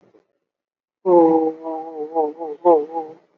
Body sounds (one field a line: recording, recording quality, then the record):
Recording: sustained vowel as in boot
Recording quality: excellent, no background noise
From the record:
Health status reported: COVID-19 positive, moderate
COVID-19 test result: positive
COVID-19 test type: RT-PCR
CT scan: taken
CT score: 16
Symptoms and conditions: cough, cold, breathing difficulty, sore throat, fever, fatigue, muscle pain, loss of smell and taste, diabetes, ischaemic heart disease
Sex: male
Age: 58 years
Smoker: no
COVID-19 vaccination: both doses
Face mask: worn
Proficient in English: yes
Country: India